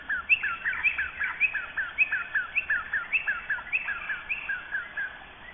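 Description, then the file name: Fuscous honeyeater calling: a steady series of bright chirps, each a sharp high note dropping to lower slurred notes, repeated nearly twice a second over a quiet background. "BIRD fuscous he tracks"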